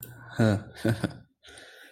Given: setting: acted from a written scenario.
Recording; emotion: vocal sound without words; romantic love